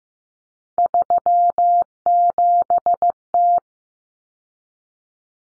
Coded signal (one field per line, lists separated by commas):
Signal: Morse code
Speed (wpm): 15 wpm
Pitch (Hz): 700 Hz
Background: none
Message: 37T